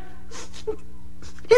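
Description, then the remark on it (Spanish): A girl crying and wailing in short, breathy sobbing bursts, ending in a louder, higher-pitched wail, with a low steady hum underneath. “¿Y por eso estás llorando, mija?”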